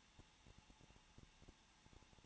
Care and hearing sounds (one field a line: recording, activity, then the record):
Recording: daily activity, microphone in the room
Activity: no activity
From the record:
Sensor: 1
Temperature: 20.1 degrees Celsius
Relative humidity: 39.4%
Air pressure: 1006.3 hPa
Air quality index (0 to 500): 219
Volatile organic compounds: 82 ppm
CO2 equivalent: 3624 ppm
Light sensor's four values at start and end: 1/2/1/1 and 1/2/1/1